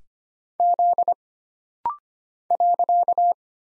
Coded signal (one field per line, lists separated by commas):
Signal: Morse code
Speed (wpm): 25 wpm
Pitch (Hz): 700 Hz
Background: none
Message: Z .